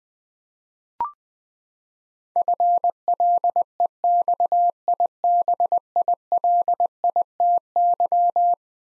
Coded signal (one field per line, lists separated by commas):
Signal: Morse code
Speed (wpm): 20 wpm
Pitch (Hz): 700 Hz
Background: none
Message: FLEXIBILITY